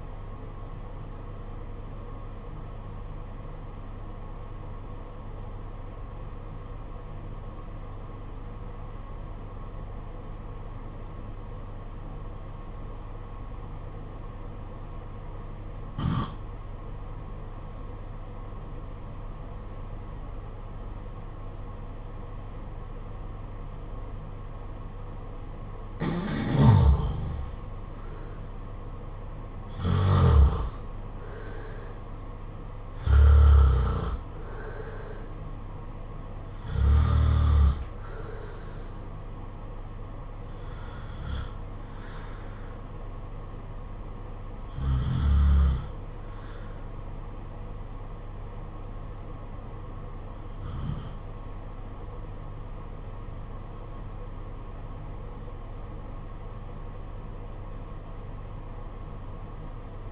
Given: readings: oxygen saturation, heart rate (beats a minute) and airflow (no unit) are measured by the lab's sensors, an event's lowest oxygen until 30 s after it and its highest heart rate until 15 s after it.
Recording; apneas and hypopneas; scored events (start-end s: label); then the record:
breathing in sleep by a smartphone at the bedside; 1
5.00-26.80 s: obstructive apnea (N2, oxygen 95% highest, then 82% lowest, heart rate 51 at the start, 63 highest)
From the record:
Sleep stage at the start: N2 (light sleep); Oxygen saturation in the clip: 82 to 95%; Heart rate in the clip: 48 to 63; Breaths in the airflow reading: 9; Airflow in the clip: -9.2 to 9.9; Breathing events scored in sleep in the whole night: 476 in 9.7 hours asleep